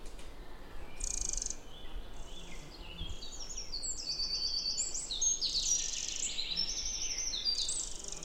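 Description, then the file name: Eurasian wren singing a run of quick, sharp high notes and trills that step down and up in pitch, over a soft background hiss. "Troglodytes troglodytes"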